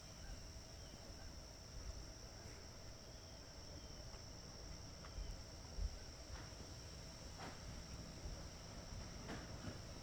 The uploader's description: A Blue Heron walks on a pontoon lift cover,late August in Minnesota.